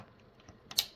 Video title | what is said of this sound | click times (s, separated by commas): PlayStation Classic Internal Memory Upgrade from 16Gb to 64Gb | until it clicks | 0.8 s